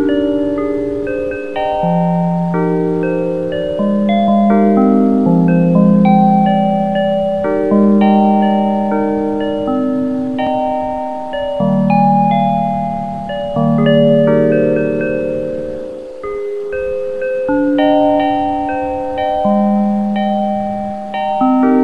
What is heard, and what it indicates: Widex ZEN Melodie Aqua. Widex tinnitus therapy.